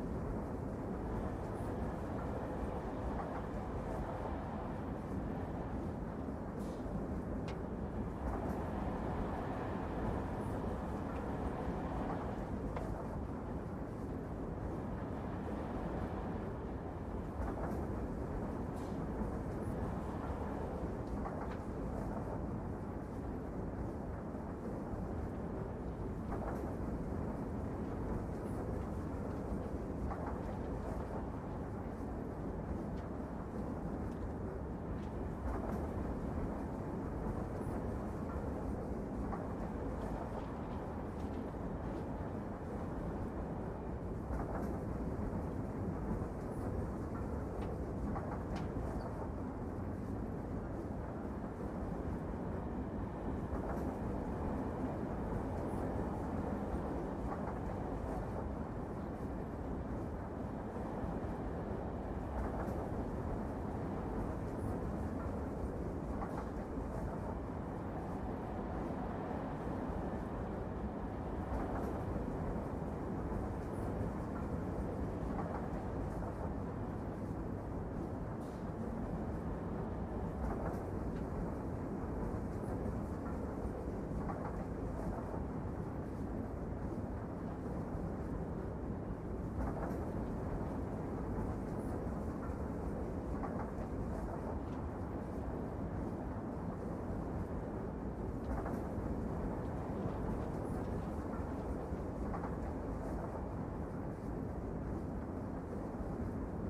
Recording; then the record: background sound without coughing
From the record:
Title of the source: Train Ride Ambience ambient white noise for sleeping, focus, studying, reading